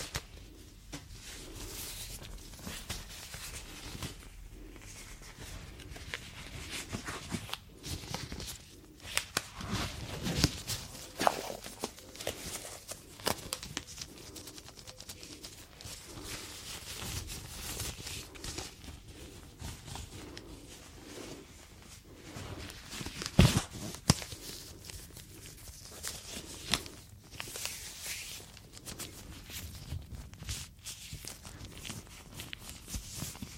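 Gloves, latex and cleaning gloves, rub and crinkle in a continuous stream of soft, dense scratching and squeaking. The texture shifts constantly with short bright swishes and pats, and a sharp snap lands around the 23-second mark.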